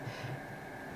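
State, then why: Not seated. An Acuva ArrowMAX 2.0 LED UV water purifier unit for an RV is handled against its wall mounting rail, which has spring-loaded snaps. Only a steady, even hiss with a faint low hum is heard, with no distinct impact. Nothing has seated or clicked yet.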